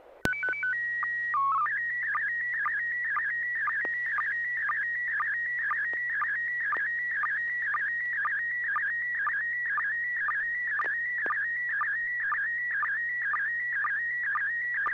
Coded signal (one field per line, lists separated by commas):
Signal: SSTV (slow-scan television)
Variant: PD 120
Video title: N6NA SSTV Net - 08/02/2023